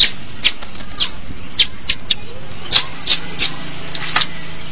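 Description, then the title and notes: Long-tailed Shrike song: sharp, scratchy high notes given singly and in short pairs at irregular intervals, with a low steady hum underneath. "Pentet 201703. Suara burung pentet"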